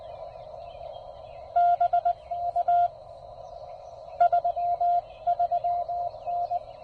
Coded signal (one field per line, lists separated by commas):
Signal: Morse code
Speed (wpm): 20 wpm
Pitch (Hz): 700 Hz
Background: none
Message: B A 33N